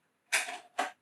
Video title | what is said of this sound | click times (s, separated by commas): The Satechi Headphones Stand Summer Time | click I don't know if you heard anyway and that's it | 0.3 s, 0.8 s